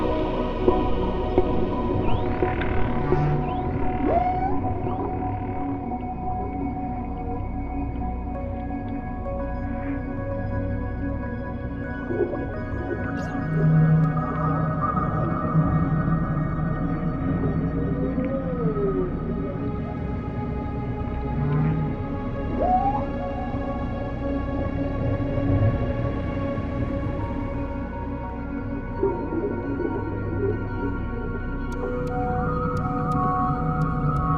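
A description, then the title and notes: Dolphin and whale sounds: a steady low underwater rumble with scattered rising whistles and brief squeals every few seconds throughout. Deep World - Dolphin & Whale Sounds.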